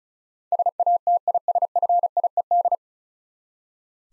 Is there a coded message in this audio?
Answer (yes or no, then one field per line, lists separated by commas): yes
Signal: Morse code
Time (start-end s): 0.5-2.8 s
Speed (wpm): 34 wpm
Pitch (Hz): 700 Hz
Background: none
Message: SATISFIED